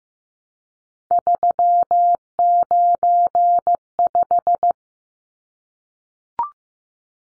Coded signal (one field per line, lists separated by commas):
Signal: Morse code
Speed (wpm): 15 wpm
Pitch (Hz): 700 Hz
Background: none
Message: 395